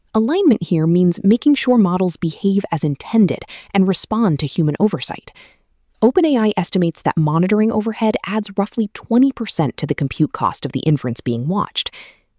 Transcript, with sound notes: Alignment here means making sure models behave as intended and respond to human oversight. [with emphasis] OpenAI estimates that monitoring overhead adds roughly 20 percent to the compute cost of the inference being watched.